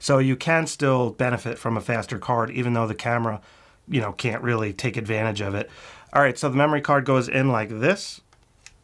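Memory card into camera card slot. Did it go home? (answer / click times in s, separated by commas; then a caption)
yes / 8.7 s. Someone talks, then an SD memory card is pushed into the card slot of a Canon R50 camera, with soft sliding sounds just before it. It latches with a sharp click at 8.7 s, seating the card in the slot.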